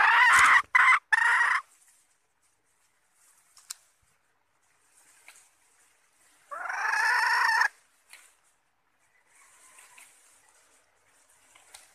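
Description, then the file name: Red junglefowl hen gives three quick harsh notes, then a single longer nasal call after a pause, with faint background rustles between. Female (hen) wild junglefowl calling to find a mate. "tieng ga rung mai keu tim kiem ban tinh"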